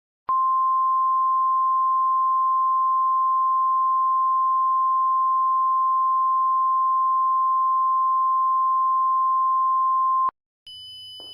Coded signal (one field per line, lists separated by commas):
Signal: Emergency Alert System (SAME) tones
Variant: 1050 Hz attention tone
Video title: EAS Scenario #2: Shiver